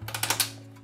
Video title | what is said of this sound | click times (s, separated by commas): LGR - Restoring a 1987 IBM PS/2 Model 30 | just sort of spraying them down with some compressed air and stick the RAM sticks back in there with some highly satisfying clicks, mmm. | 0.1 s, 0.2 s, 0.3 s, 0.4 s